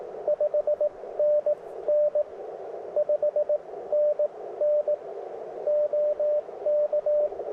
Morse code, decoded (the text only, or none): 5NN 5NN OK